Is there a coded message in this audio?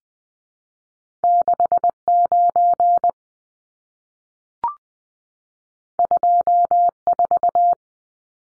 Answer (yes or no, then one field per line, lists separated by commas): yes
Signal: Morse code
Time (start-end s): 1.2-7.7 s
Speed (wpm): 20 wpm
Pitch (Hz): 700 Hz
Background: none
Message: 69 24